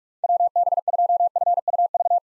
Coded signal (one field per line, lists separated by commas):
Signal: Morse code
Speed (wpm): 43 wpm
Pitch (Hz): 700 Hz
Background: none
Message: WB2FUV